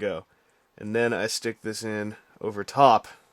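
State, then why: Not seated. Someone talks while handling a plastic part of an MG Figure-rise Kamen Rider Skull model kit, about to press it in over the top of another piece of the kit subassembly. Only speech is heard, with no click or snap. Nothing has seated or clicked yet.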